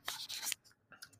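A single harsh, hissy burst lasting about half a second, then a few faint breathy sounds in a quiet room. It is an isolated cough from an adult man who is sick.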